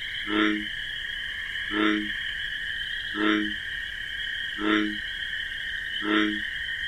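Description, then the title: Bullfrog croaks, short low harmonic notes repeated about every one and a half seconds, over a steady two-toned cricket drone. Night in wetlands with marsh grasses; bullfrog's deep 'jug-o-rum' call amid a nocturnal chorus of crickets. "Bullfrog Sound. The Wondrous Wetlands"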